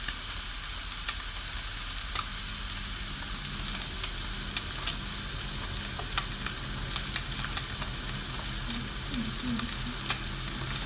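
Chicken breast pan-frying, a steady dense sizzle crackling with bright hiss throughout. Sharper pops and spatters break through every second or so, with a low hum underneath and a faint higher tone near the end.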